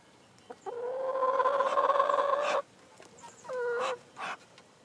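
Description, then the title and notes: Duck chick calling: one long steady whistled peep, followed by a few shorter peeps. Duck chicks in an open-air cage at Niederrieden, Germany. "Niederrieden, Deutschland - chicks. chicks duck open air cage"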